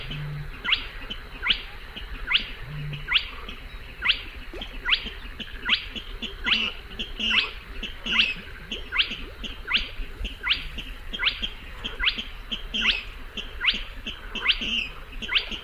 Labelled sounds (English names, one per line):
Spotted Crake